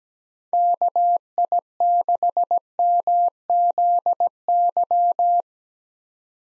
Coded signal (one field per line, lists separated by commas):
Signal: Morse code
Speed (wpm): 17 wpm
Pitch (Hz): 700 Hz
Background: none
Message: KI6MZY